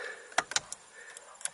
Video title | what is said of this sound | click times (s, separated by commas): 1992 Toyota Pickup Dash | lock it in place | 0.4 s